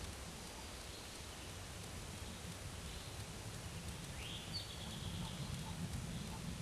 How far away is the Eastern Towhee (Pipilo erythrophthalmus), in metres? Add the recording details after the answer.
about 60 m. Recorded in a Pennsylvania forest on 17 May 2023 at 12:51. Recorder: AudioMoth, point grid1_35_low. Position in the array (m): 114 m, 103 m